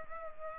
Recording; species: mosquito wingbeat signal from an infrared sensor; Culex pipiens